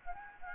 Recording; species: mosquito wingbeat signal from an infrared sensor; Anopheles gambiae